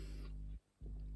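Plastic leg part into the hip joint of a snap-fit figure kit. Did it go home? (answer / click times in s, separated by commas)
no / none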